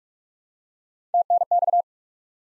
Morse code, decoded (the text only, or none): TNX